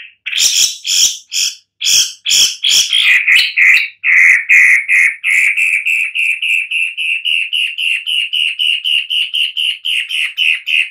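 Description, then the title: Long-tailed shrike with loud rasping screeches at first, then a rapid, even series of shorter harsh notes that grows slightly softer. "Lanius Schach"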